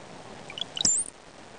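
Brown-headed cowbird song: a few brief bubbling notes rising in pitch, a sharp click, then a piercing high whistle, heard once over faint hiss.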